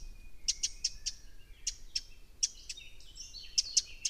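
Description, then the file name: Eurasian wren calling with hard, clicking ticks in short bursts, mixed with thin, slurred higher notes over faint background noise. "Troglodytes troglodytes"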